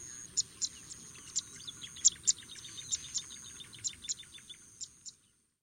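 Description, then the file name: Paddyfield pipit song: sharp, very high chips spaced irregularly, several per second, over a faint steady high hiss that stops abruptly at the end. "suara burung apung tanah"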